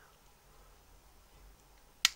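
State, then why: Seated. A swap-out plastic hand is pushed onto the movable wrist ball joint of a P-Bandai exclusive S.H.Figuarts Kamen Rider Grease action figure, which is tricky because the joint moves around. After quiet, low handling noise, a single sharp, bright click rings out at 2.1 s as the hand snaps onto the wrist and is seated.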